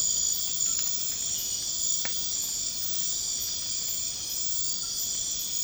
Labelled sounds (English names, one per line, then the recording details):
none
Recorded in pastures near Puerto Asís, Putumayo, Colombia, on 12 March 2025 at 02:00
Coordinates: 0.502, -76.324
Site GP07